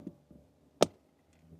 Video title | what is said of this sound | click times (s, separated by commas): F-150 Factory Mats Failed - Lasfit Upgrade Test | You hear that snap? That means it's fastened. | 0.8 s